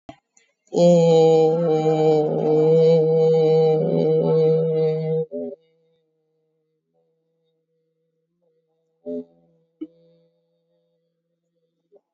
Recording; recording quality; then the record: sustained vowel as in made; excellent, no background noise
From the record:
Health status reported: COVID-19 positive, moderate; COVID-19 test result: positive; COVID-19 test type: RT-PCR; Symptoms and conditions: cough, cold, sore throat, fatigue, loss of smell and taste, diabetes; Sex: female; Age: 58 years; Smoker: no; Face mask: worn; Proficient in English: yes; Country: India